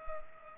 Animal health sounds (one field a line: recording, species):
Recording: mosquito wingbeat signal from an infrared sensor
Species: Culex pipiens